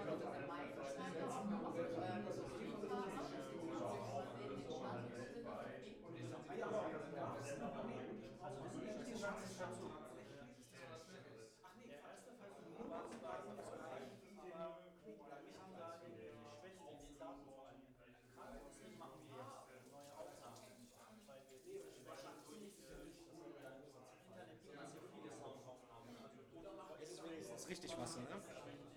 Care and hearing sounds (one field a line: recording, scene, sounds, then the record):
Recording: everyday scene through a hearing-aid microphone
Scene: many people talking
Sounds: many voices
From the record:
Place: bistro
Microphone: behind the ear, left, front